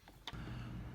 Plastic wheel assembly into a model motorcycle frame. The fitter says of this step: with the wheel assembly just snapped into place we attach the clutch assembly